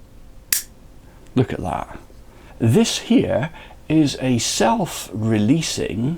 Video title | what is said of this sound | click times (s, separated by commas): Designing a 3D Printed Manual Release Rucksack Backpack Clip - Itterative design process | here is and you'll hear it click in place look | 0.5 s